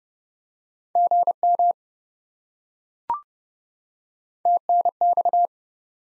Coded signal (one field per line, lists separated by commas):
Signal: Morse code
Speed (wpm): 30 wpm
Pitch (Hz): 700 Hz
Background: none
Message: GM TNX